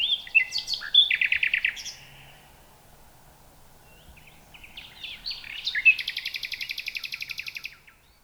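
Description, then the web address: Common nightingale song: rich chattering phrases and a rapid trill of repeated notes, a pause, then mixed whistles building into another fast rattling series. "nachtegaal luscinia megarhynchos"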